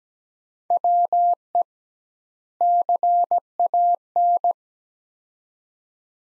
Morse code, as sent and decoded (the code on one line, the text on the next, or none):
.-- . / -.-. .- -.
WE CAN